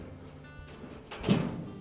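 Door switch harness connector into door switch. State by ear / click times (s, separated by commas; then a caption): not seated / none. The door switch wire harness connector of a Kenmore dryer is handled near the door switch, being reconnected so it will engage its locking tab, while music plays in the background. A soft rise in handling noise starts around 1.1 s and peaks near 1.3 s, but nothing has seated or clicked yet.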